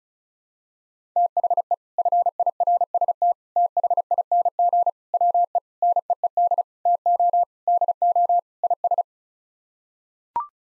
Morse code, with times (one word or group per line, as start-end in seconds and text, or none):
1.2-1.7 THE
2.0-3.3 FIRST
3.6-4.9 THING
5.1-5.6 WE
5.8-6.6 NEED
6.9-7.4 TO
7.7-8.4 DO
8.6-9.0 IS